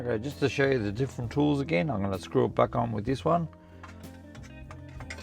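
Someone talks over background music while getting ready to screw the captive heatsink screw back into the CPU tray of a Mac Pro 2009/2010/2012, during a quad-core to six-core CPU upgrade, using a hex driver. After the talking stops, two faint short ticks are heard at about 4.7 and 5.1 seconds. Nothing has seated or clicked into place yet.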